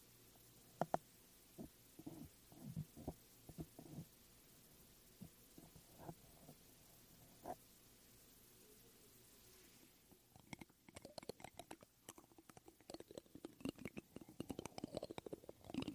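Scratching and brushing on a foam mic cover: sparse soft thumps and rubs for ten seconds, then dense, rapid crackling scrapes until the end.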